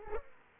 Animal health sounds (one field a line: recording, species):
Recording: mosquito wingbeat signal from an infrared sensor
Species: Aedes aegypti